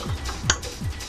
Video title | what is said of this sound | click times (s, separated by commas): how to set up xbox to xbox live! with ethernet cable and wireless router | that little click right there | 0.5 s